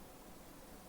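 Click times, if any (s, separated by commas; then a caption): none. A plastic LEGO building element is being handled and pushed onto a LEGO F1 McLaren 2022 car model assembly, with only a steady, even hiss heard throughout and no distinct click or snap. Nothing has seated or clicked yet; the part is not yet home.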